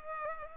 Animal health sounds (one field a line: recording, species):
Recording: mosquito wingbeat signal from an infrared sensor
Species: Culex pipiens